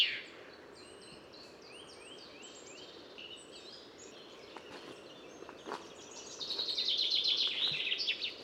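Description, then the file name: Common chaffinch song: faint descending slurred notes at first, a few clicks, then a loud rapid high-pitched trill rattling over steady background noise. "Fringilla coelebs"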